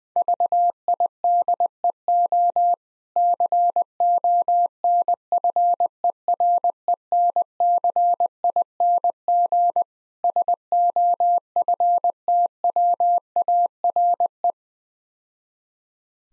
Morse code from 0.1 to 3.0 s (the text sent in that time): VIDEO